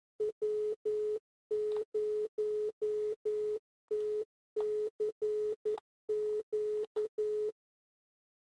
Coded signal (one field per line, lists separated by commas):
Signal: Morse code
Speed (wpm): 11 wpm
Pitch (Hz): 420 Hz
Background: none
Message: W0TCQ